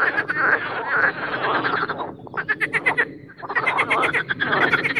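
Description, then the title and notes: Marsh frogs in a thick overlapping chorus of rattling croaks, set against a constant broad roaring background sound that briefly eases midway. Spring mating chorus in an artificial pond made for water activities at Parc Chédeville, Oise; after a cold night, the chorus intensifies as an airplane passes. "au Parc Chédeville dans l'Oise. des grenouilles rieuses"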